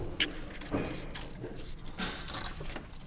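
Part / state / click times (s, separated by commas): unspecified connector or clip on the engine valve cover area / not seated / none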